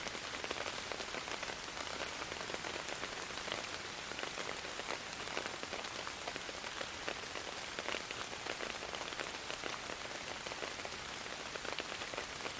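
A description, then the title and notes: Gentle rain falls steadily throughout, a dense, even patter of countless drops with no lulls or build-ups. The sound sits mostly in the bright, hissing upper range, with fine individual taps scattered through it and little low rumble underneath. Gentle rain sounds.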